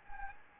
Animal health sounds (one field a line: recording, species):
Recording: mosquito wingbeat signal from an infrared sensor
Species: Anopheles gambiae